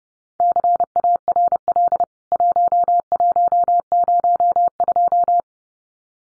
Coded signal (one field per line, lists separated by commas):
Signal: Morse code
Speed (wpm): 30 wpm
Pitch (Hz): 700 Hz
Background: none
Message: CARL 1102